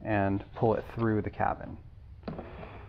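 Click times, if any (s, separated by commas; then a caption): 2.3 s. Someone talks, then a plastic cabin filter cover is hooked onto its housing and pressed home during an A service on a 2018 Mercedes GLC43 AMG (X205). A sharp click at 2.3 s marks the cover snapping into place, seated.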